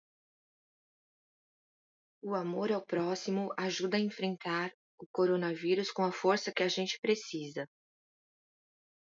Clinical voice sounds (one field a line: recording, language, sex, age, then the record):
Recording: spoken sentence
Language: Brazilian Portuguese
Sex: female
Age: 50 to 59 years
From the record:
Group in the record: control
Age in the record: 53 years